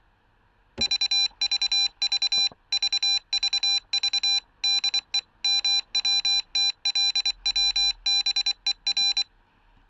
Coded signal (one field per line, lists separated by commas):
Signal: Morse code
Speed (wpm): 24 wpm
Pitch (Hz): 2400 Hz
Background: none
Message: VVV VVV DE MWTLWBER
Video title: morse coder with ArduinoUno Ver.1.0